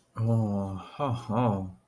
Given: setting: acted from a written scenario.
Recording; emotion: vocal sound without words; romantic love